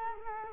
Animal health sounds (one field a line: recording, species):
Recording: mosquito wingbeat signal from an infrared sensor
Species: Culex quinquefasciatus